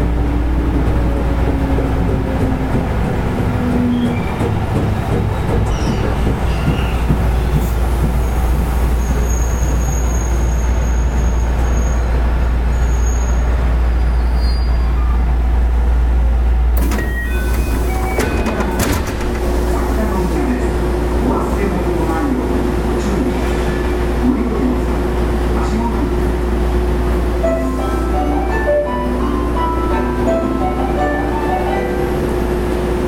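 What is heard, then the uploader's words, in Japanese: Running sound of a 221 series electric train: a steady, dense low rumble and hum carry through the whole clip with little change in level. Around the 17-second mark a sharp jolt or clatter occurs, after which a steady whine continues alongside the rumble. JR西日本の221系電車の走行音です。環状線外回り 大阪から天王寺までです。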